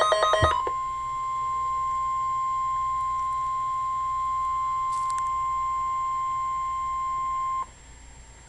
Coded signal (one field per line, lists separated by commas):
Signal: Emergency Alert System (SAME) tones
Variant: 1050 Hz attention tone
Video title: Required Weekly Test (EAS #7)